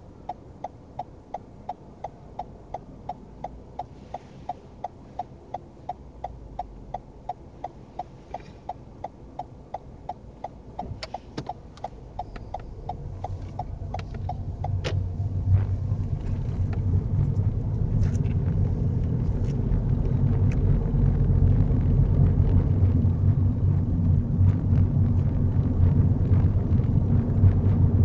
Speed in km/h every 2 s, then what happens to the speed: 0, 0, 0, 0, 0, 6, 11, 15, 21, 27, 29, 31, 34, 34.
0-9 standing. 9-28 pulls away to 34.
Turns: none.